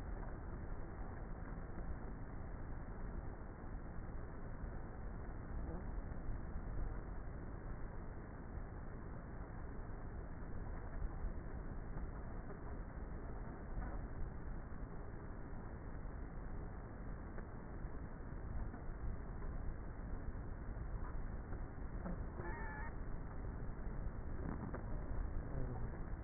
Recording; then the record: honeybee colony, microphone inside the hive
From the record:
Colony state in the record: queenless with a low population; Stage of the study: before two queens were removed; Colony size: about 30,000 bees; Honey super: no